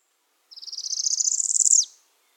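Northern parula singing one rising buzzy trill of rapid pulses that climbs steadily and ends in a quick downward flick.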